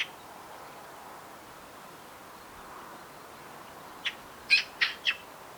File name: Pica pica